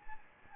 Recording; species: mosquito wingbeat signal from an infrared sensor; Anopheles gambiae